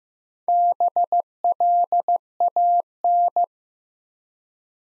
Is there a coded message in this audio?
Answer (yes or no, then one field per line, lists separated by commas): yes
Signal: Morse code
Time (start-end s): 0.5-3.4 s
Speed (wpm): 15 wpm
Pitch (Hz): 700 Hz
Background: none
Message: BLAN